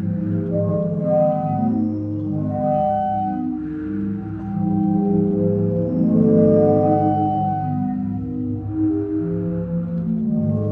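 The sea organ in Zadar sounds a dense cluster of sustained, overlapping tones, mostly low and mid pitched, with notes swelling and fading every second or two. The level stays fairly steady throughout, with a soft airy hiss above the tones.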